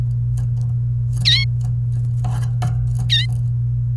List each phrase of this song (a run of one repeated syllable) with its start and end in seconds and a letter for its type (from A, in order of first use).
1.25-1.44 A